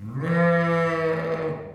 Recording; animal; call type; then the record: contact call of a hoofed animal; sheep; low-frequency (closed-mouth) or high-frequency (open-mouth) call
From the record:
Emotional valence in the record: negative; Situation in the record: short social isolation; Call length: 1.75 s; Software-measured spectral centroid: 1420 Hz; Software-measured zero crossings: 1190 a second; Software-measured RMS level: -23 dBFS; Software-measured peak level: -10 dBFS